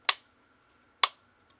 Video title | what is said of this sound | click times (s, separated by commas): UNBOXiNG REViEW OF E-CiRCUiT BLACK CHARGE AND SYNC DOCK | clip it into place like this. You do want to hear the snaps | 0.1 s, 1.0 s